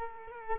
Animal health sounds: mosquito wingbeat signal from an infrared sensor; Culex quinquefasciatus

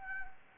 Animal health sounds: mosquito wingbeat signal from an infrared sensor; Anopheles gambiae

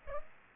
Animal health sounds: mosquito wingbeat signal from an infrared sensor; Aedes aegypti

